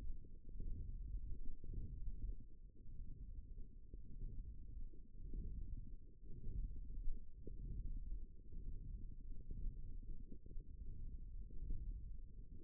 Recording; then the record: forearm muscle sounds (acoustic myography)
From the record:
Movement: hand opening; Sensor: system 1, eight BSWA MPA416 microphones around the upper forearm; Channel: 4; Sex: female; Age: 22 years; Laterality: right